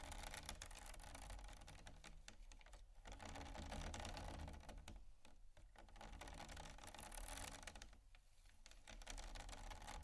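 Scratching over bumpy items makes a dense, rapid clatter of tiny ticks with a low rumble, easing briefly around three, five and eight seconds.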